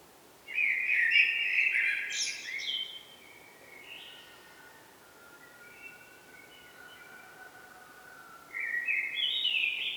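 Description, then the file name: Eurasian blackbird fluted warbling in two bursts: a rich phrase with a sharp high flourish, softer notes trailing off, then a new warble starting later. "Turdus merula"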